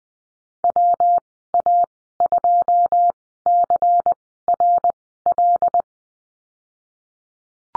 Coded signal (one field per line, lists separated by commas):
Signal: Morse code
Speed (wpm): 19 wpm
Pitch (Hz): 700 Hz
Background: none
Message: WA2CRL